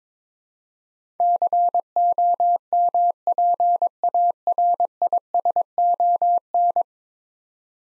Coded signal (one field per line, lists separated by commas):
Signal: Morse code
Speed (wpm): 21 wpm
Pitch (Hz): 700 Hz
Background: none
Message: COMPARISON